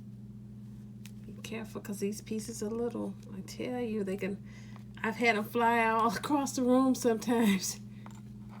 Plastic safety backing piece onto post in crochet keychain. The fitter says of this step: Then just put the other piece on and push it till I hear it click.